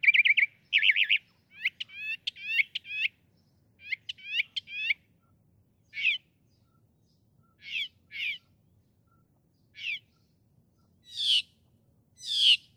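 Northern mockingbird singing varied high phrases, each repeated a few times: rolling notes, quick clipped downslurs, then scattered buzzy notes with pauses between.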